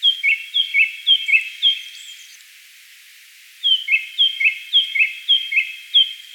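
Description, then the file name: Japanese thrush song: two phrases of evenly repeated whistled couplets, each couplet a high note dropping to a lower one, about two per second, with a pause between. "Turdus cardis"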